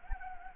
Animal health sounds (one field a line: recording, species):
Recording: mosquito wingbeat signal from an infrared sensor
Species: Anopheles gambiae